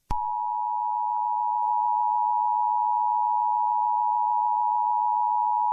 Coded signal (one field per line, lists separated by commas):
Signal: Emergency Alert System (SAME) tones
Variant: 853 and 960 Hz attention tone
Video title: EAS Scenario/Mock #9 - The White Pumpkin